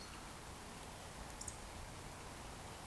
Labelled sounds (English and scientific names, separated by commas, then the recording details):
Eurasian Woodcock (Scolopax rusticola) whistle
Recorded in Baden-Württemberg, Germany, on 15 June 2020 at 19:22 UTC
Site 14569, 102 m above sea level